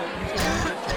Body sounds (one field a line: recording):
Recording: coughing mixed with background sound